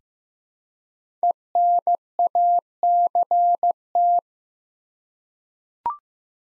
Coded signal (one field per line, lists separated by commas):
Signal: Morse code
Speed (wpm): 15 wpm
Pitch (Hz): 700 Hz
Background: none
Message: ENACT